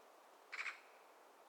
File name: A Screeching Magpie In The Top Of A Birch